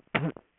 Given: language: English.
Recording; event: throat vibration sensor signal played as sound; throat clearing